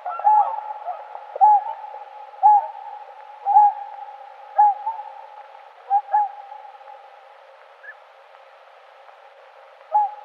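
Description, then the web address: Whooper swan calls: a series of short, horn-like notes given about once a second, then a pause of several seconds before a last note. Recorded in Uzbekistan. "Uzbek hayvonlar. Cygnus cygnus"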